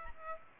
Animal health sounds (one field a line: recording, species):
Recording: mosquito wingbeat signal from an infrared sensor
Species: Aedes aegypti